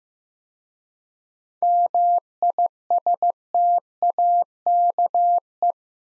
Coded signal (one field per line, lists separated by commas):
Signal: Morse code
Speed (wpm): 15 wpm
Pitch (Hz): 700 Hz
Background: none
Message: MISTAKE